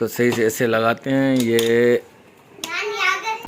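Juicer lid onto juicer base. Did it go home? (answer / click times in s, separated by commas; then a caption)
yes / 2.6 s. Someone talks as the top cover of an electric juicer is fitted onto the juicer base and pushed down until it locks, with a sharp click at 2.6 s. The lid is firmly locked in place.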